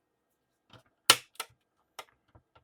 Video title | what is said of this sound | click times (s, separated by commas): Fanhome Millennium Falcon Build Series - Stages 77 & 78 - Ep 52 | With a satisfying snap and click. | 1.1 s